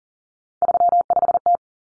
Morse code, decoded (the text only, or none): 35T